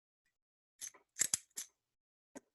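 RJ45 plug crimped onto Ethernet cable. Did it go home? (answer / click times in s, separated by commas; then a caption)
yes / 1.2 s, 1.3 s. A crimping tool is squeezed a second time on the same RJ45 plug crimped onto an Ethernet cable, to make sure it is locked in place. Short crunchy, rasping bursts build to two sharp crimp clicks at 1.2 and 1.3 seconds, followed by a further crunch and a brief final tick. The plug is seated and locked on the cable.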